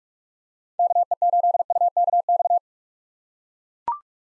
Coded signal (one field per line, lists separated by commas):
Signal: Morse code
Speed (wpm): 41 wpm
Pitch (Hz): 700 Hz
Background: none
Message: KE8UKX